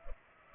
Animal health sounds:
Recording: mosquito wingbeat signal from an infrared sensor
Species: Culex pipiens

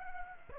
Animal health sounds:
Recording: mosquito wingbeat signal from an infrared sensor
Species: Aedes aegypti

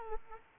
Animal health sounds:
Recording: mosquito wingbeat signal from an infrared sensor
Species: Aedes aegypti

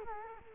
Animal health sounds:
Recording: mosquito wingbeat signal from an infrared sensor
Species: Culex quinquefasciatus

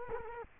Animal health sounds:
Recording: mosquito wingbeat signal from an infrared sensor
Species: Culex quinquefasciatus

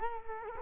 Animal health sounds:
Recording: mosquito wingbeat signal from an infrared sensor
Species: Culex quinquefasciatus

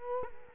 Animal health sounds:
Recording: mosquito wingbeat signal from an infrared sensor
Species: Culex quinquefasciatus

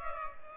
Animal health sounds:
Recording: mosquito wingbeat signal from an infrared sensor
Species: Culex pipiens

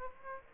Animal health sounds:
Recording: mosquito wingbeat signal from an infrared sensor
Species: Aedes aegypti

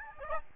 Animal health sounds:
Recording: mosquito wingbeat signal from an infrared sensor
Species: Aedes albopictus

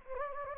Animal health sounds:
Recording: mosquito wingbeat signal from an infrared sensor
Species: Anopheles gambiae

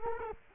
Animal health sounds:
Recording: mosquito wingbeat signal from an infrared sensor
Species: Culex quinquefasciatus

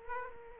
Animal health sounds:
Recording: mosquito wingbeat signal from an infrared sensor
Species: Aedes aegypti

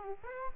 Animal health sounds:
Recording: mosquito wingbeat signal from an infrared sensor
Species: Aedes aegypti

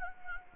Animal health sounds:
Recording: mosquito wingbeat signal from an infrared sensor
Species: Anopheles gambiae

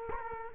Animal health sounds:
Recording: mosquito wingbeat signal from an infrared sensor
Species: Culex quinquefasciatus

